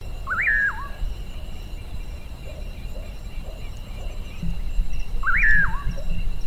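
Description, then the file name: Common pauraque giving two whistled calls about five seconds apart, each rising sharply then wavering down, over steady low rumbling background noise. "nyctidromus albicollis"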